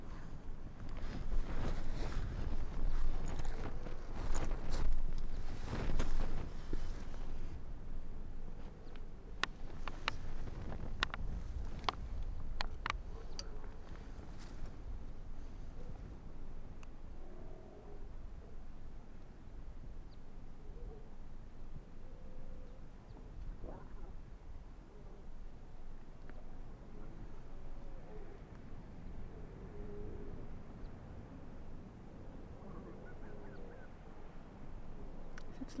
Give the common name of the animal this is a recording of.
Arctic Fox